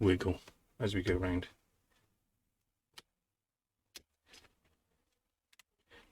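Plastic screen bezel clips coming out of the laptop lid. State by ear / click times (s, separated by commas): released / 3.0 s, 4.0 s, 5.5 s, 5.6 s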